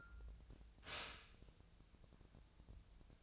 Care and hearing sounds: daily activity, microphone in the room; stop toaster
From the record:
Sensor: 2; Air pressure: 1000.0 hPa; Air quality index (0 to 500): 152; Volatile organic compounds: 2 ppm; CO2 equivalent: 1281 ppm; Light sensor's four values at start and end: 24/61/26/28 and 24/61/26/28

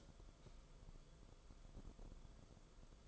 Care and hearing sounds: daily activity, microphone in the room; light off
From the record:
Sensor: 5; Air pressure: 994.5 hPa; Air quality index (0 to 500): 192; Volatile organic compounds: 1000 ppm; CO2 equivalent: 5640 ppm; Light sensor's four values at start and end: 22/56/23/26 and 21/54/22/26

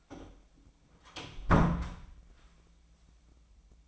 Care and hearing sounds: daily activity, microphone in the room; close door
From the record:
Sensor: 1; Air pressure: 1009.3 hPa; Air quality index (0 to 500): 184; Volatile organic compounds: 4 ppm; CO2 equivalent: 1548 ppm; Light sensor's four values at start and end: 41/109/45/53 and 40/107/44/52

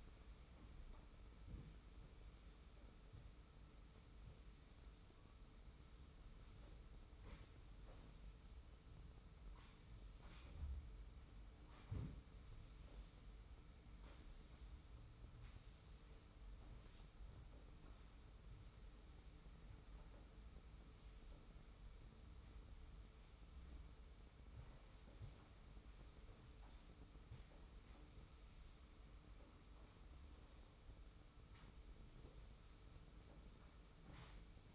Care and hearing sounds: daily activity, microphone in the room; sweep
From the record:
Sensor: 1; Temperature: 25.3 degrees Celsius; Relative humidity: 41.5%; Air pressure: 991.4 hPa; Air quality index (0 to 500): 127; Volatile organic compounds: 318 ppm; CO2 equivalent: 4520 ppm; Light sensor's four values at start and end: 43/131/52/54 and 43/131/52/54

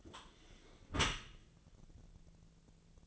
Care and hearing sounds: daily activity, microphone in the room; close dishwasher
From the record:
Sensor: 4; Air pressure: 1001.3 hPa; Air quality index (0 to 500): 181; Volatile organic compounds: 2 ppm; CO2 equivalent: 1290 ppm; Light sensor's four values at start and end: 12/28/11/12 and 12/27/11/11

